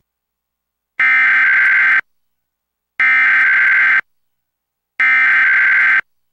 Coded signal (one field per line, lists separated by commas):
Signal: Emergency Alert System (SAME) tones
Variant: header bursts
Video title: EAS #922-923: 2 EAS Required Monthly Tests- Apr. 5, 2024- 12:15AM PDT